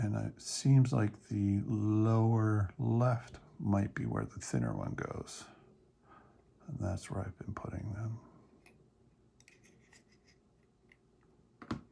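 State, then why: Seated. Someone talks while pushing a plastic F-1 engine piece into its lower-left position on the first-stage engine mount of a 4DMaster Saturn V model rocket. Small, faint plastic clicks and handling sounds follow from about 8.7 s, and a sharper click at 11.7 s marks the piece snapping into place and seating.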